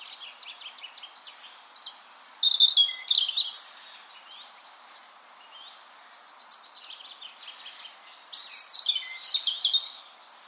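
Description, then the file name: European robin song in short bursts of varied high twittering and sliding whistles, separated by a long quieter spell over a soft hiss. "Erithacus rubecula"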